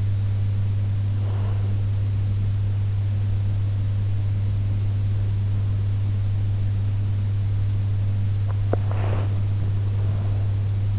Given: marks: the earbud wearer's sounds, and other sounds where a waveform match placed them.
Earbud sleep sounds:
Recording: sounds in sleep by an in-ear microphone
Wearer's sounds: breath, teeth grinding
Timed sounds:
0.00-2.00 s: breath
8.00-9.00 s: teeth grinding
9.00-10.99 s: breath

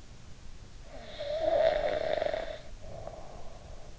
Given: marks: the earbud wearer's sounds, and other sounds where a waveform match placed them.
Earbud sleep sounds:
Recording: sounds in sleep by an in-ear microphone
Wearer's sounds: snoring breath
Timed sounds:
0.84-3.88 s: snoring breath

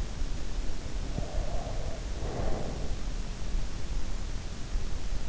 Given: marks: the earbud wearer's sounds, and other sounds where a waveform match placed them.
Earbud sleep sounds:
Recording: sounds in sleep by an in-ear microphone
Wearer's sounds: breath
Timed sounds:
1.13-3.10 s: breath

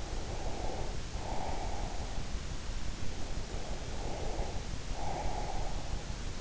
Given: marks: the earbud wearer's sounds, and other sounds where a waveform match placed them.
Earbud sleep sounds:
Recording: sounds in sleep by an in-ear microphone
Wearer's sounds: breath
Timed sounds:
0.03-2.19 s: breath
3.79-5.85 s: breath

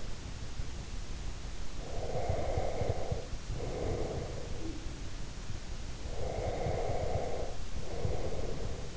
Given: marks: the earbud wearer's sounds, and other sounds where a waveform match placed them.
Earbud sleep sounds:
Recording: sounds in sleep by an in-ear microphone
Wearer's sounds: breath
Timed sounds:
1.75-4.99 s: breath
5.97-8.96 s: breath

